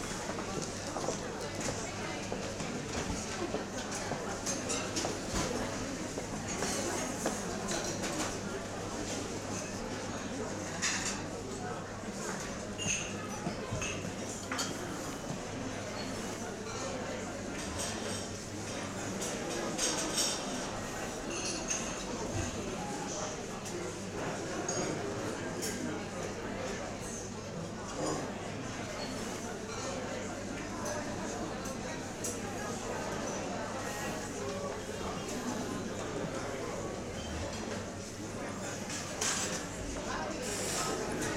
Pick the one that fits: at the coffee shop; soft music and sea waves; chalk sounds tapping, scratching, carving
at the coffee shop